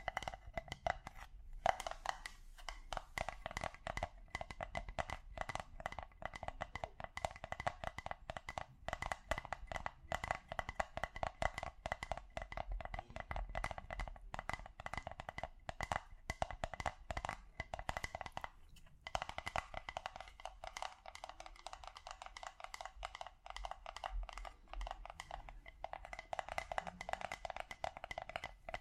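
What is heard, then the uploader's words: Tapping on different objects goes on without letup, a dense run of quick, dry knocks and clicks with only a few brief pauses. The taps sound fairly bright. The tone shifts slightly after about twenty seconds, as if the surface changes. Ear To Ear Relaxing Tapping on Different Objects（No Talking）.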